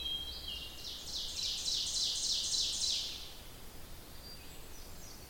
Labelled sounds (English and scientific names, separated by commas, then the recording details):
Ovenbird (Seiurus aurocapilla) song
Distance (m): 40 m
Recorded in boreal forest in Alberta, Canada, on 27 June 2016 at 05:42
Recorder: SongMeter 3, array SBT-6-79
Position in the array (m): 240 m, 45 m
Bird 39